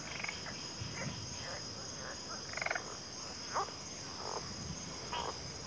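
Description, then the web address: Cricket chorus holds an even high trill, with several frog croaks and rattles scattered through. Chorus of crickets at a backwater. "Natures Songs Sleep Sounds of Nature CRICKETS 03 Backwater Chorus"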